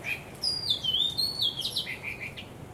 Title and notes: 香港 烏溪沙 雀鳥勁唱歌 Date: 15 December 2006